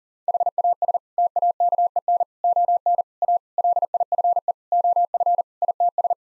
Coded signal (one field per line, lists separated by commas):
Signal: Morse code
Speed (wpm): 40 wpm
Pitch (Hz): 700 Hz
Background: none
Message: HAS TAKEN ON A LIFE OF ITS